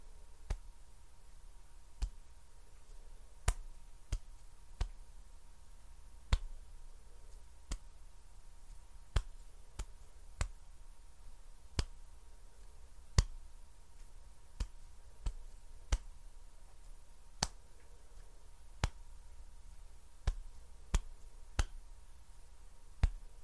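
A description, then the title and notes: Sharp finger snaps and crisp hand clicks pop out one at a time, roughly once a second but at uneven intervals, some louder than others. Between them it is quiet apart from a faint steady hum and low rumble. STICKY HAND SOUNDS AND FINGER SNAPPING, FAST AND UNPREDICTABLE HAND SOUNDS, NO TALKING.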